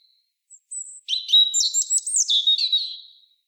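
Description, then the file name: European robin song: a thin high note, then a run of varied high warbles, trills and sliding whistles lasting about two seconds and fading at the end, with a quiet background. "Erithacus rubecula"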